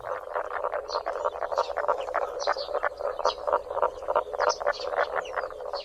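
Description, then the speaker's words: Common spadefoot giving soft, rapid grunting calls in a continuous series of short pulses. Delicate, quiet grunts, quiet because the species lacks vocal resonators; also called underwater, where mating takes place at night. "Być może usłyszymy takie delikatne, ciche chrumkania. To właśnie grzebiuszki."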